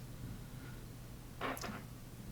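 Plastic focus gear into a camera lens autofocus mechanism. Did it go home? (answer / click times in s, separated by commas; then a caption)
yes / 1.6 s. A small plastic replacement focus gear is aligned in the autofocus mechanism of a Canon EF-S 18-55mm IS lens and given a slight push, and it pops into place. Two sharp clicks sound at 1.6 s and 1.6 s over a low steady hum, with the second ringing slightly longer. The gear is seated.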